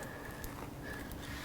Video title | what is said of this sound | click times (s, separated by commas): F150LEDS 2021+ Ford F150 LED Front Blinker Bulb Installation | and just clamp down on it and you'll hear that click for a solid connection | 0.4 s, 1.1 s